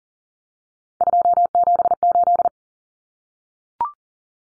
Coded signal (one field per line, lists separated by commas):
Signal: Morse code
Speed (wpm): 40 wpm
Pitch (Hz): 700 Hz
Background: none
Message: 278